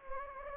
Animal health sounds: mosquito wingbeat signal from an infrared sensor; Anopheles gambiae

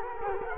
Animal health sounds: mosquito wingbeat signal from an infrared sensor; Culex quinquefasciatus

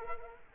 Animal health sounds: mosquito wingbeat signal from an infrared sensor; Culex quinquefasciatus

